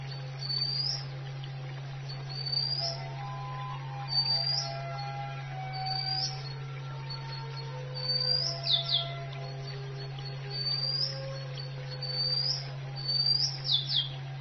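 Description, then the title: Oriental magpie-robin song: short high whistled notes, several sliding downward, repeated every second or two over a steady low electrical hum. "Kicau Kacer"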